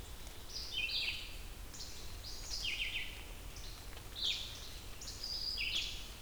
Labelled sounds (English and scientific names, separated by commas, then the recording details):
Red-eyed Vireo (Vireo olivaceus) song
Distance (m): 25 m
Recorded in boreal forest in Alberta, Canada, on 28 June 2016 at 07:40
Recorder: SongMeter 3, array SBT-6-79
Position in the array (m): 105 m, 212 m